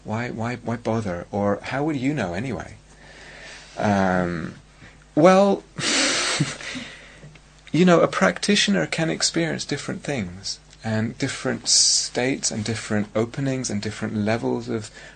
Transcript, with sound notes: Why bother?" Or "How would you know, anyway?" Well... [laughs] You know, a practitioner can experience different things and different states and different openings and different levels of